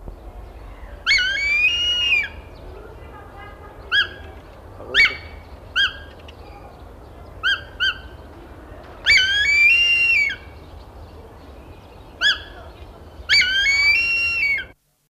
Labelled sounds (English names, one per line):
Harpy Eagle call